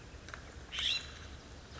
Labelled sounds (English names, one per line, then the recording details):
California Scrub-Jay
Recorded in Sonoma County, California